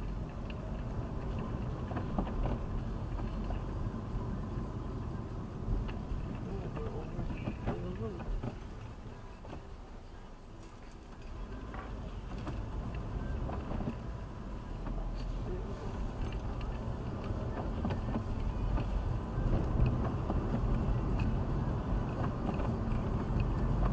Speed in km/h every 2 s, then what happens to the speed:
23, 28, 26, 18, 5, 5, 15, 17, 28, 35, 42, 46.
3-8 brakes to 5. 10-24 speeds up to 46.